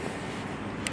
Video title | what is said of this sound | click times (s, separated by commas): Installation Video For 2019-2026 BMW M340i and 330i/330e M Sport without adaptive cruise control | base plate push it until it locks into place there you go | 0.9 s